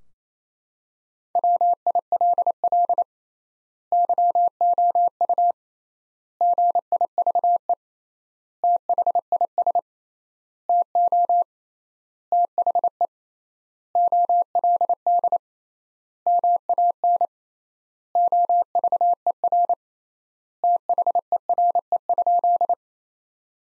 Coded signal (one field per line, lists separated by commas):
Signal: Morse code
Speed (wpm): 28 wpm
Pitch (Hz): 700 Hz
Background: none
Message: WILL YOU GIVE THIS TO THE OLD MAN OVER THERE?